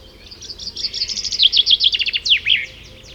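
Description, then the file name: Common chaffinch singing one cascading phrase of quick repeated notes, stepping down in pitch, then closing with an emphatic flourish over faint background hiss. "Fringilla coelebs"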